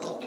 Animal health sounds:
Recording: pig call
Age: piglet (1 to 25 days)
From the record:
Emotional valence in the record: negative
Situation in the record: fighting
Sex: male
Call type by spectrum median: low-frequency call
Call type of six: mixed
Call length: 0.27 s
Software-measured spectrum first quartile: 455 Hz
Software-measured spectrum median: 713 Hz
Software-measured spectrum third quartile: 2059 Hz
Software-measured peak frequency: 489 Hz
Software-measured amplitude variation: 114 dB a second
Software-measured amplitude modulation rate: 24.2 a second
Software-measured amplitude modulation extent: 4.7 dB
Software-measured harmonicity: 1.9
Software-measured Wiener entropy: -2.16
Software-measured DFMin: 1449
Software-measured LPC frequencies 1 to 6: 534, 947, 2569, 3886, 4847, 5565 Hz

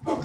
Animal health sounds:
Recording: pig call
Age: growing-finishing pig (85 days or more)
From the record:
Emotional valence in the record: positive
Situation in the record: run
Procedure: transit

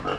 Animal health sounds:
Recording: pig call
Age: growing-finishing pig (85 days or more)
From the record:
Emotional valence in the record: positive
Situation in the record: run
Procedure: transit

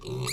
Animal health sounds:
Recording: pig call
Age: weaner (32 to 43 days)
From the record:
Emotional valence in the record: negative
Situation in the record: novel object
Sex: female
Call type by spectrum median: low-frequency call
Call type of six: mixed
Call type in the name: high-frequency modulated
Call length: 0.33 s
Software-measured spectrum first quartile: 258 Hz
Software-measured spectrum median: 1620 Hz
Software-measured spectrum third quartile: 5335 Hz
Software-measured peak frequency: 379 Hz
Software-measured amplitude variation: 108 dB a second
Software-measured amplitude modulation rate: 30.0 a second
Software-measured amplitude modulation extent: 3.6 dB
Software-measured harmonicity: 1.0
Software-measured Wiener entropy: -3.63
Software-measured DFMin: 1269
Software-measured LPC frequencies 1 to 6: 328, 1153, 2284, 2598, 3866, 4197 Hz

